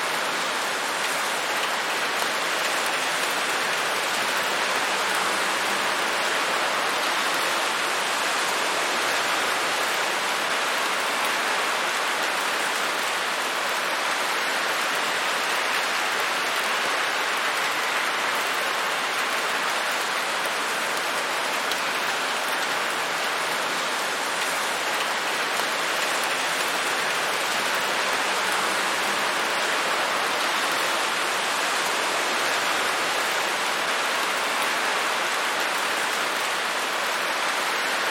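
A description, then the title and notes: Heavy rain pours steadily onto a tin roof, a dense, even hiss of countless drops with no pauses or swells across the whole stretch. The sound sits bright, with little low rumble beneath it. Heavy Rain at Night.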